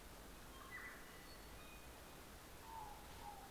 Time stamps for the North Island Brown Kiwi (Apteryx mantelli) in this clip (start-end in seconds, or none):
none